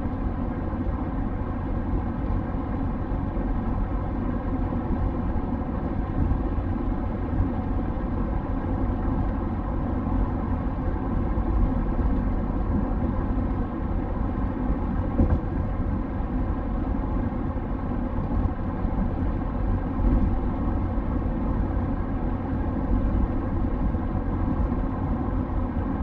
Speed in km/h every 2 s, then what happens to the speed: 95, 95, 94, 95, 95, 95, 95, 95, 95, 95, 95, 94, 95.
0-26 steady at about 95.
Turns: none.